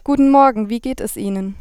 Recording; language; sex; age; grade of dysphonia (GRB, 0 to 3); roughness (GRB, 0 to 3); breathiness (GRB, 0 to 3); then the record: spoken sentence; German; female; 20 to 29 years; 0; 0; 0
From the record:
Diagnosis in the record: healthy voice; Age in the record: 21 years